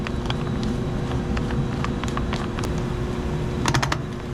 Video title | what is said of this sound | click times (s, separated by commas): random project: servicing | hear it clicking | 0.3 s, 1.4 s, 3.7 s, 3.8 s, 3.9 s